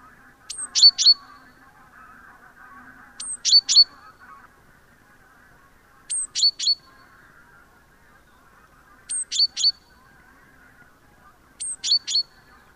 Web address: SETE data Parus major